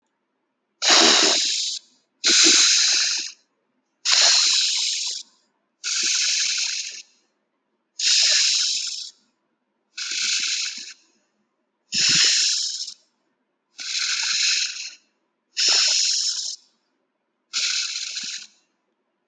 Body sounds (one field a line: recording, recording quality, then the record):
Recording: deep breathing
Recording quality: excellent, no background noise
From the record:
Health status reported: healthy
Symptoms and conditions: none ticked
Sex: female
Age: 43 years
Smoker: not ticked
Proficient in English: yes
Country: India